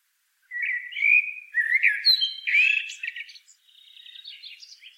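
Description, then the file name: Common blackbird singing rich fluty whistled phrases, followed by a quieter, higher squeaky twitter. "Turdus merula"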